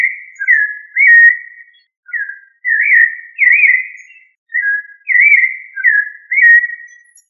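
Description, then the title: Thrush song: clear, fluting whistled phrases in short varied bursts separated by brief pauses, with rising and falling notes, on a quiet background. Member of the thrush family, known locally as sabiá. "Familia Turdidae - Sabia"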